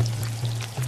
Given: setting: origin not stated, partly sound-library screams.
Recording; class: one-second piece from a danger detection set; normal situation